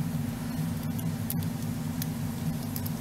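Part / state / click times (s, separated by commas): plastic figure arm into torso joint / not seated / none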